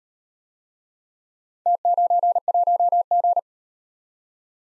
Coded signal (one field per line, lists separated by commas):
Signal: Morse code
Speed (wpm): 38 wpm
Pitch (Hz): 700 Hz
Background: none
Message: T91G